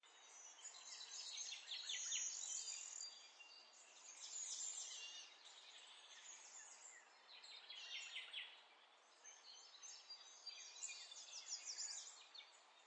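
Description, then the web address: Birds singing in a dense chorus of high chirps and trills that swell and fade in waves. Birdsong in a forest. "Lynne Music. Nature Birds Loop"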